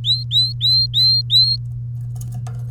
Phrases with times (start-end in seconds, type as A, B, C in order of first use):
0.04-1.56 A